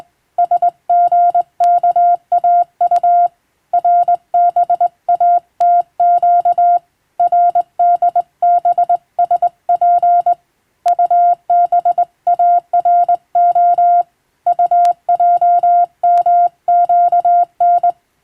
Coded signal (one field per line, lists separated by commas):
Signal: Morse code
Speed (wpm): 20 wpm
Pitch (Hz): 700 Hz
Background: music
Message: SGKAU RBATQ RDBSP UBARO UJMQN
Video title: 懐かしいモールス通信、昭和はラジオでよく聞こえました。船と陸との唯一の通信手段、大変貴重で重要な無線通信でした。アマチュア無線、ハムの受信トレーニングにどうぞ morse code practice